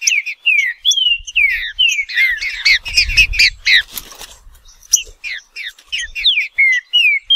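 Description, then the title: Green-winged saltator singing: rapid run of clear, down-slurred whistles, dense overlapping notes midway, faint low noise. Wild Green-winged saltator singing in woodland, competing with a free-living bird; local name trinca-ferro; song style called 'nicão'. "Trinca Ferro NICÃ O No Mato Disputando Com Solto"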